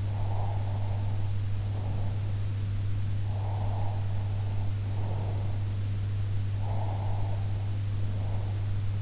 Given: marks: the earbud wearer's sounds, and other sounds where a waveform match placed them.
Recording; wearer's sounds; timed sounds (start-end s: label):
sounds in sleep by an in-ear microphone; breath
0.00-2.37 s: breath
3.22-5.62 s: breath
6.42-8.79 s: breath